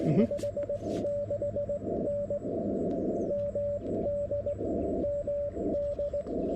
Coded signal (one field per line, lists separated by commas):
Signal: Morse code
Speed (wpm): 18 wpm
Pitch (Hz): 590 Hz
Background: radio noise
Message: 56N MD MD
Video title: QRS CW POTA on a straight key at Taughannock Falls State Park